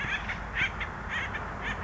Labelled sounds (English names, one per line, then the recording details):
Acorn Woodpecker
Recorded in Sonoma County, California